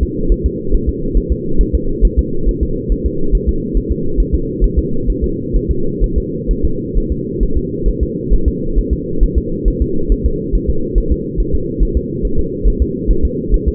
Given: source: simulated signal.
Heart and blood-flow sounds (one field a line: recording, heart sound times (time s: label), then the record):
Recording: fetal heart sounds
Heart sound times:
0.03 s: S2
0.32 s: S1
0.46 s: S2
0.74 s: S1
0.89 s: S2
1.17 s: S1
1.32 s: S2
1.61 s: S1
1.75 s: S2
2.05 s: S1
2.19 s: S2
2.49 s: S1
2.63 s: S2
2.92 s: S1
3.06 s: S2
3.35 s: S1
3.49 s: S2
3.77 s: S1
3.92 s: S2
4.20 s: S1
4.34 s: S2
4.64 s: S1
4.78 s: S2
5.10 s: S1
5.24 s: S2
5.56 s: S1
5.71 s: S2
6.04 s: S1
6.18 s: S2
6.51 s: S1
6.65 s: S2
6.97 s: S1
7.12 s: S2
7.43 s: S1
7.58 s: S2
7.88 s: S1
8.03 s: S2
8.33 s: S1
8.48 s: S2
8.78 s: S1
8.93 s: S2
9.23 s: S1
9.38 s: S2
9.68 s: S1
9.82 s: S2
10.12 s: S1
10.26 s: S2
10.55 s: S1
10.70 s: S2
10.98 s: S1
11.12 s: S2
11.40 s: S1
11.55 s: S2
11.82 s: S1
11.97 s: S2
12.25 s: S1
12.39 s: S2
12.67 s: S1
12.82 s: S2
13.10 s: S1
13.25 s: S2
13.54 s: S1
13.68 s: S2
From the record:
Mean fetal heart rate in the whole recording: 135 bpm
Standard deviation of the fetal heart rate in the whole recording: 3 bpm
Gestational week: 36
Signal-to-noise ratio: -8.1 dB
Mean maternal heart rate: 72 bpm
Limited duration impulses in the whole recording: absent